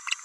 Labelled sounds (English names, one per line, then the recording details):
Green-rumped Parrotlet babbling
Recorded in a nest box in Venezuela
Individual 18B17A4